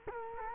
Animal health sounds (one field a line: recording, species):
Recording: mosquito wingbeat signal from an infrared sensor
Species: Culex quinquefasciatus